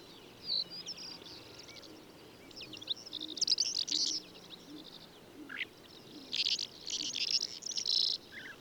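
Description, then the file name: Calandra lark giving repeated dry, buzzy chirps and scratchy trills in irregular bursts, with a few short sliding notes between them against faint steady background hiss. "suara call calandra lark"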